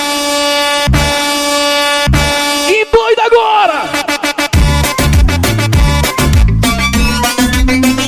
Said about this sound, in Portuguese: Olha a buzina das nossas carretas aí acionada.